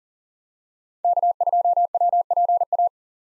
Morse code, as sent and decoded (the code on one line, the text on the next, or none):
-.- ..--- .-- .--. .-
K2WPA